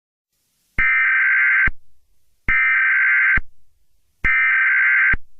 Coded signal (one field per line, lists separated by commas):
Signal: Emergency Alert System (SAME) tones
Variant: header bursts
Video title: EAS Scenario #8: The CSX Hijacking